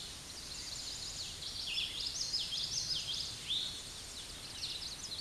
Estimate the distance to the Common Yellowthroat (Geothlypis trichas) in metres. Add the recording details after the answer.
about 25 m. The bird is about level with the microphone. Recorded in a Pennsylvania forest on 16 May 2024 at 07:59. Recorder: AudioMoth, point MSD-2453. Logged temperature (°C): 16.3 °C. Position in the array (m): 230 m, 181 m